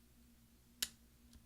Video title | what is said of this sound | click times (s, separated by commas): F key replacement 13" Macbook Pro 2.4 Ghz 1278 mid-2010 MC374 AC07 | Now take your finger and we're going to push down on the top and you'll hear a snap. | 0.8 s